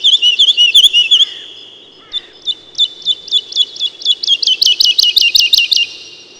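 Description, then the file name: Woodlark song of looping, rolling notes in repeated series, the later series quickening near the end. "жаворонок лесной"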